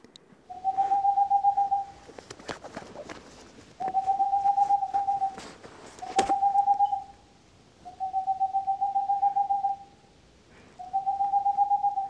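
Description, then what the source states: Boreal owl song: rapid runs of soft, even hoots on one pitch, each run lasting about one and a half seconds, repeated after short, uneven pauses, with some clicking noises. Played back from the control room to show how the species sounds.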